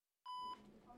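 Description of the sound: After a moment of silence comes a single clear, mid-pitched electronic beep lasting about a third of a second, followed by quiet room noise. It is a bedside heart monitor beep, a routine sound of a heartbeat restored to normal by a team of clinicians, staged for an advertisement.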